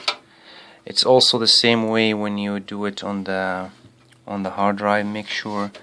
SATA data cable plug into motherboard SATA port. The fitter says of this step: and you have to hear the click